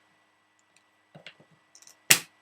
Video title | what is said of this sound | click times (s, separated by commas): Keep Calm And Get The SEBO (Felix) Out! | locks into place and then you cover it bones the body of the machine is | 2.1 s